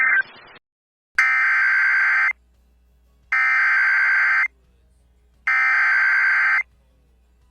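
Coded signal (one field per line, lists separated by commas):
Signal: Emergency Alert System (SAME) tones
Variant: header bursts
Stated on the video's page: Personally captured EAS alerts from Arkansas.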